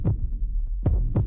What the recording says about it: Heartbeat when we asked her if she will be able to maintain her standard of living when she retires.